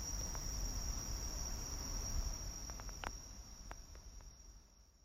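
Cricket calling: a steady high continuous tone with a few sharp clicks, fading slightly toward the end.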